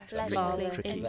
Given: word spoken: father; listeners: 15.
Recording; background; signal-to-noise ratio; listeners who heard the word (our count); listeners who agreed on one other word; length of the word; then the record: one English word in noise, from a listening test; four-talker babble; -0.2 dB; 1 of 15; 8 of 15; 0.69 s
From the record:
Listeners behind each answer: 8, 1, 1, 1, 1, 1, 1, 1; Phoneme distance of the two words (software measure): 37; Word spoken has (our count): 2 syllables, 4 phonemes, stress on syllable 1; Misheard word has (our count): 2 syllables, 5 phonemes, stress on syllable 1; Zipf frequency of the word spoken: 5.26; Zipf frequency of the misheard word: 4.66